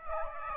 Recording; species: mosquito wingbeat signal from an infrared sensor; Aedes aegypti